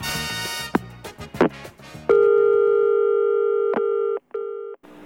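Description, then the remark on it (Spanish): A phone call cuts off: a burst of jumbled clicks and noise, then a loud, steady electronic busy tone that drones on with a few brief gaps. No one speaks. “Oh, ya me cortó.”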